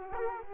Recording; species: mosquito wingbeat signal from an infrared sensor; Culex quinquefasciatus